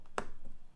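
The plastic screw lid on a protein shaker bottle filled with water is twisted shut until it gives a sharp click at 0.2 s, after a faint tick just before. The lid is seated, tightened right to the clicking end so the bottle is sealed and won't spill.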